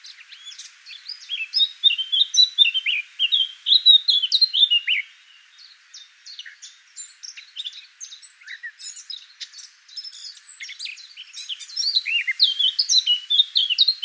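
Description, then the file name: Eurasian blackcap warbling song, a loud run of varied slurred notes for five seconds, softer twittering after, then a bright fast phrase returning near the end. "Sylvia atricapilla"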